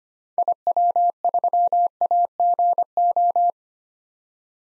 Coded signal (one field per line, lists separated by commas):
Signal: Morse code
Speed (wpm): 25 wpm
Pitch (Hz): 700 Hz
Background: none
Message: IW3AGO